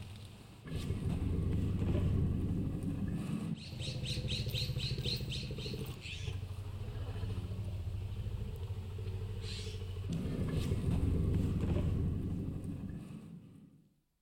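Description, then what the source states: Lion growling: deep rumbling growls in long bouts that rise and fall in loudness, with a brief run of high chirps partway through, fading at the end. Threatening sounds of a lion, filed among jungle sounds.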